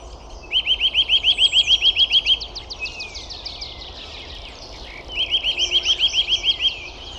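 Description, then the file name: Eurasian nuthatch delivering two rapid piping trills, each roughly one and a half to two seconds long, separated by a pause. "Sitta europaea"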